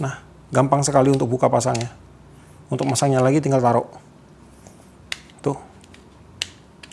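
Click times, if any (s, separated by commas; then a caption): 6.4 s. Someone talks while putting the spool side cover back onto a fishing reel and turning it until it locks. After a few small handling taps, a sharp click at 6.4 s marks the cover locking back in place.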